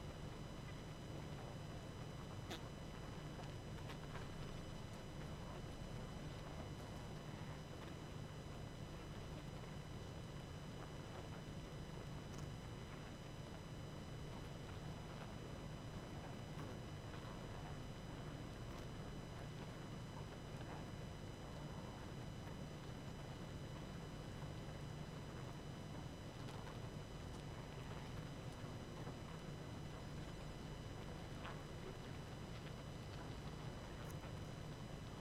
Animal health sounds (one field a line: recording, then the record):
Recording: honeybee colony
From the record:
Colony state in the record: active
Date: 12 June 2018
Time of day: 21:08